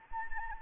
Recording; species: mosquito wingbeat signal from an infrared sensor; Anopheles gambiae